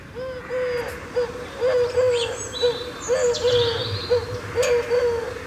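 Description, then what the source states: Eurasian collared dove cooing, soft hollow three-note phrases repeated about every second and a half. Played from a phone; a little faster than the wood pigeon and missing a part; sounds a bit like 'I love you'; birds usually in pairs.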